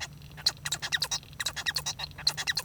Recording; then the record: song of a male Bengalese finch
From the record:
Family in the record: son of father 1